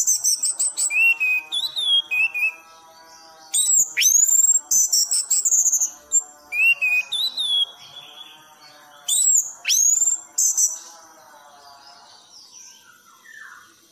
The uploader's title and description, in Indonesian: anis gacor teler. Suara burung